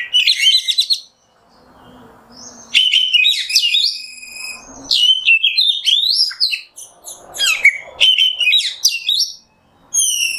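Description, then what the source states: Oriental magpie-robin song: loud, varied phrases of sharp sweeping whistles and rapid chattering trills, separated by short silent pauses. Masteran recording of kacer, the oriental magpie-robin, singing in the 'nembak' song style.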